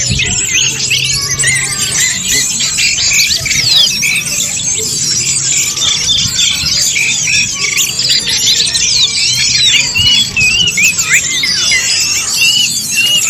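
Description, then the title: Birds twittering together, a steady wall of high chirps and slurred whistles, with some louder squeaky notes standing out in the second half. "SuaraBurung Kicau"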